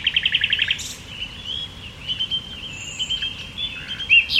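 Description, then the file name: Common nightingale song opening with a fast series of repeated notes, followed by a long thin whistle and scattered chips over a constant hiss. "Luscinia megarhynchos"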